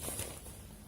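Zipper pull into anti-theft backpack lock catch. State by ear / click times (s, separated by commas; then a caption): not seated / none. With the anti-theft backpack fully closed, its zipper pull is handled toward the bag's locking catch, making soft rustling and handling noise that is loudest in the first quarter second and then settles into a quieter, steady hiss. Nothing has seated or clicked into the catch yet.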